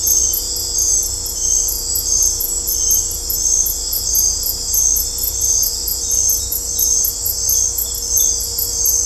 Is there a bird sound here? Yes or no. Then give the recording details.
no. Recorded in dense forest near Puerto Asís, Putumayo, Colombia, on 16 December 2024 at 20:00. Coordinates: 0.503, -76.323. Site G043